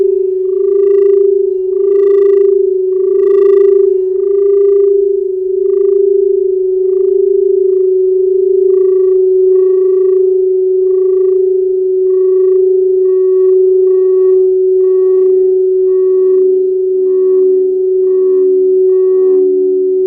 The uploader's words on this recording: Crystal singing bowl.